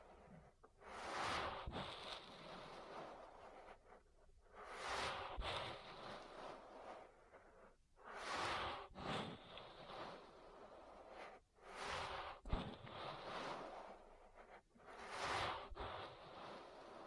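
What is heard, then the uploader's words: An ear massage with rubbing and brushing strokes that come in bursts every two to three seconds, each a soft rushing swell. Between strokes come brief pauses and small taps, with a sharp click near twelve seconds. ASMR Relaxing Ear Massage. (No Talking).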